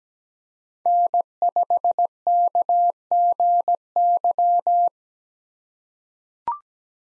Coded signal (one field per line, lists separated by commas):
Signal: Morse code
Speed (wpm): 17 wpm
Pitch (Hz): 700 Hz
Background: none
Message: N5KGY